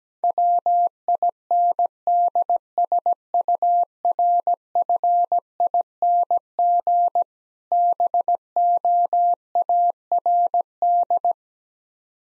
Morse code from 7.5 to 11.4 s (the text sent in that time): BOARD